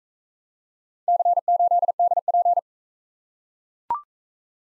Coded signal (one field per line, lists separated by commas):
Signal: Morse code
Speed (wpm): 40 wpm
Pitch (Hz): 700 Hz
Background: none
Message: C8DP